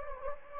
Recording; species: mosquito wingbeat signal from an infrared sensor; Anopheles gambiae